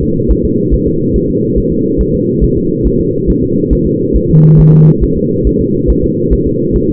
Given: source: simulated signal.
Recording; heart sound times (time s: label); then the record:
fetal heart sounds
0.03 s: S2
0.31 s: S1
0.45 s: S2
0.74 s: S1
0.88 s: S2
1.16 s: S1
1.30 s: S2
1.58 s: S1
1.72 s: S2
2.01 s: S1
2.15 s: S2
2.44 s: S1
2.58 s: S2
2.87 s: S1
3.00 s: S2
3.30 s: S1
3.44 s: S2
3.73 s: S1
3.87 s: S2
4.16 s: S1
4.30 s: S2
4.60 s: S1
4.74 s: S2
5.03 s: S1
5.17 s: S2
5.47 s: S1
5.61 s: S2
5.90 s: S1
6.04 s: S2
6.33 s: S1
6.47 s: S2
6.76 s: S1
6.90 s: S2
From the record:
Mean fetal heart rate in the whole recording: 140 bpm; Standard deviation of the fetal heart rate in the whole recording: 2 bpm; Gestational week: 34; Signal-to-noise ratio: -11.2 dB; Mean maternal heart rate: 72 bpm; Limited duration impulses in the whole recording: present